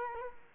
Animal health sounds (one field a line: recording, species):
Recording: mosquito wingbeat signal from an infrared sensor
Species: Culex quinquefasciatus